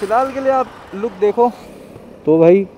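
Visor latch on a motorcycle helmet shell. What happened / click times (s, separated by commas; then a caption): Handled, no clear seating click yet / none. Someone talks while handling the plastic visor latch on a Vega Bolt Marvel Hulk Edition motorcycle helmet shell, about to close and lock the visor. Nothing has seated or clicked yet; a short sharp transient lands right at the very end of the clip.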